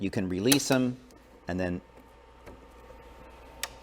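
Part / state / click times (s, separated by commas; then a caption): cap hoop latch on embroidery machine driver / seated / 3.6 s. A cap hoop latch on an embroidery machine driver is released and then pushed back in until it locks, while someone talks. A single sharp click is heard at 3.6 s as the latch seats, one of the three latches meant to click in.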